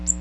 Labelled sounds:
Magnolia Warbler (Setophaga magnolia) flight call

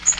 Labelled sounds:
Magnolia Warbler (Setophaga magnolia) flight call

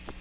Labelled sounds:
Magnolia Warbler (Setophaga magnolia) flight call

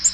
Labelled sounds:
Black-throated Green Warbler (Setophaga virens) flight call

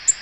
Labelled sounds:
Black-throated Green Warbler (Setophaga virens) flight call

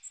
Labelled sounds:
Magnolia Warbler (Setophaga magnolia) flight call

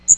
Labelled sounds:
Magnolia Warbler (Setophaga magnolia) flight call

